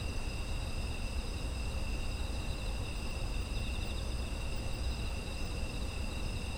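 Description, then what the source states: High, steady insect trills overlap in a dense chorus, with faint pulsing in the upper tones and a low noise floor. Ambient sound of autumn insects.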